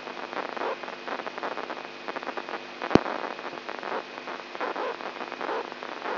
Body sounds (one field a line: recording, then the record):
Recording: brain microelectrode recording played as sound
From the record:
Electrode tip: inside the subthalamic nucleus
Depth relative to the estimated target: -2 mm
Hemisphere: left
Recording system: AlphaMap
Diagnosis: Parkinson's disease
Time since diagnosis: 11 years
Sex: male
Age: 67 years